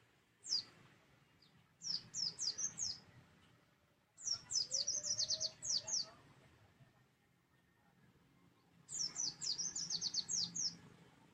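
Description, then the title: White-eye song: a single note, then three lively bursts of rapid high twittering separated by pauses, over a low background hum. Song style given the local names ngalas and ngeroll. "Kumpulan Pleci Ngalas Ngeroll"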